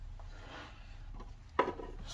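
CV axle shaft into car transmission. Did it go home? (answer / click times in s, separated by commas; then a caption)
yes / 1.6 s. A CV axle shaft is worked and tapped into the transmission of a Honda Civic until it sits flush. Low scraping and rubbing noises lead up to one sharp knock at 1.6 s as the axle seats, followed by quieter handling sounds.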